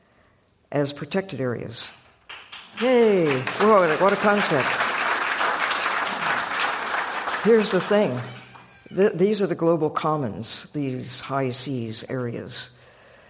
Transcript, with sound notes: as protected areas. Hey, what a concept.
[Applause]
Here's the thing. These are the global commons, these high seas areas,